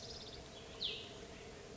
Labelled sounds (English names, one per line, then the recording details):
Cassin's Vireo
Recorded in Sonoma County, California